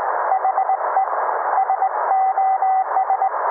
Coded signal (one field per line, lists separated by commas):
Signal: Morse code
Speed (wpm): 18 wpm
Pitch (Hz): 770 Hz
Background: none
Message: HE SOS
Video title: Morse Code Vs The Widow Maker